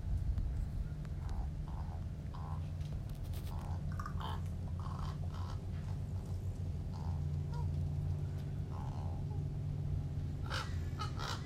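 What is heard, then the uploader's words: Crows call back and forth in short, repeated caws over a steady low engine-like rumble, with a few sharp clicks near the end. Crows (Ravens) Communicating.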